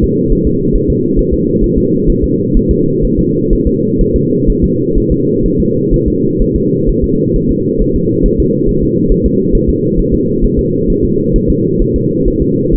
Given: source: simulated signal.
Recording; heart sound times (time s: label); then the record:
fetal heart sounds
0.04 s: S2
0.33 s: S1
0.47 s: S2
0.75 s: S1
0.90 s: S2
1.19 s: S1
1.34 s: S2
1.64 s: S1
1.78 s: S2
2.10 s: S1
2.24 s: S2
2.57 s: S1
2.71 s: S2
3.05 s: S1
3.19 s: S2
3.53 s: S1
3.67 s: S2
4.01 s: S1
4.16 s: S2
4.50 s: S1
4.64 s: S2
4.98 s: S1
5.12 s: S2
5.46 s: S1
5.60 s: S2
5.94 s: S1
6.08 s: S2
6.42 s: S1
6.56 s: S2
6.89 s: S1
7.04 s: S2
7.36 s: S1
7.51 s: S2
7.82 s: S1
7.96 s: S2
8.26 s: S1
8.40 s: S2
8.69 s: S1
8.83 s: S2
9.12 s: S1
9.26 s: S2
9.55 s: S1
9.70 s: S2
9.99 s: S1
10.14 s: S2
10.44 s: S1
10.59 s: S2
10.90 s: S1
11.05 s: S2
11.36 s: S1
11.50 s: S2
11.82 s: S1
11.96 s: S2
12.28 s: S1
12.42 s: S2
12.75 s: S1
From the record:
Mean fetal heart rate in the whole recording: 130 bpm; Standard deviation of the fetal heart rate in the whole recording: 4 bpm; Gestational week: 38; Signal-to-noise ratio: -11.2 dB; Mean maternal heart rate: 72 bpm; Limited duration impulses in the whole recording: present